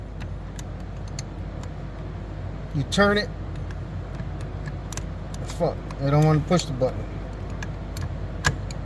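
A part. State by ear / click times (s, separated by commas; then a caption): not seated / none. Someone talks while turning an NRG quick release steering wheel, a Forever Sharp wheel, onto its hub adapter in a G body car without pressing the lock button. Sharp metallic rattles and clinks from the quick release parts are heard throughout. The wheel has not locked onto the hub yet.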